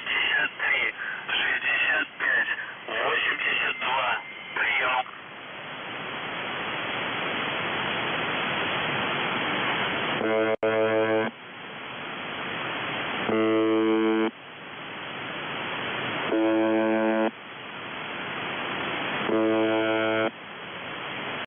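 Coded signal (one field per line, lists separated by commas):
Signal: coded military voice message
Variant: UVB-76, Russian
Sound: brief choppy voice, then hiss and four harsh one-second buzzes about three seconds apart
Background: radio static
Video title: The Buzzer/UVB-76 Voice Message February 15, 2021 13:22 UTC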